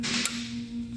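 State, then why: Seated. The small signal-wire connector is pushed onto the terminal of a new starter motor during its reinstallation on a 2001 Toyota Tacoma, and it clicks into place at 0.3 s. A short, sharp snap stands out over broadband hiss and a steady low hum that runs through the clip. The connector is seated and engaged, though a neighbour's garage door lift also clicked around the same time.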